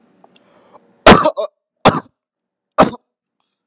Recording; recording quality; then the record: heavy voluntary cough; excellent, no background noise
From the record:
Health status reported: healthy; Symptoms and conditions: none ticked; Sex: male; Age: 21 years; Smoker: not ticked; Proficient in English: yes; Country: India